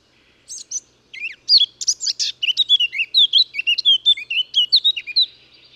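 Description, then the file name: Eurasian blackcap song: soft scratchy notes building into a long, fast stream of loud, clear, warbled whistles that dip and rise. "Sylvia atricapilla"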